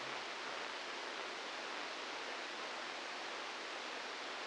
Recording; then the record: brain microelectrode recording played as sound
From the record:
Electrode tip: inside the subthalamic nucleus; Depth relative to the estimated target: 0 mm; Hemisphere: left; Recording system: NeuroSet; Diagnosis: Parkinson's disease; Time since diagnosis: 10 years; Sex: male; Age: 63 years